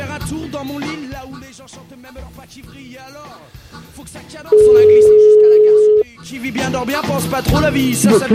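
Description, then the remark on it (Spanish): A telephone ringback tone from a call to a colleague sounds once as a single steady, mid-pitched beep lasting about a second and a half, loud above a busy musical background, with no one picking up. “Estamos a la espera de si el compañero nos coge el teléfono.”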